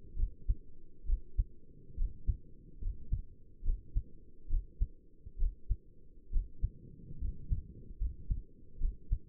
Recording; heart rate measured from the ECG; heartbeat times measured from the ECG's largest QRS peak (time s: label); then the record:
heart sounds by stethoscope; 70 bpm
0.17 s: heartbeat
1.07 s: heartbeat
1.98 s: heartbeat
2.82 s: heartbeat
3.65 s: heartbeat
4.50 s: heartbeat
5.40 s: heartbeat
6.33 s: heartbeat
7.21 s: heartbeat
8.00 s: heartbeat
8.81 s: heartbeat
From the record:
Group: healthy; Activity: rest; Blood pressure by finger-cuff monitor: 94/54 mmHg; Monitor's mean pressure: 67 mmHg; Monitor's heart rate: 70 bpm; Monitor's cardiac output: 6.9 L/min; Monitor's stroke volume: 98 mL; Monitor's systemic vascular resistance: 700 dyn s/cm5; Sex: male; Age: 22 years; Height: 181 cm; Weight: 79 kg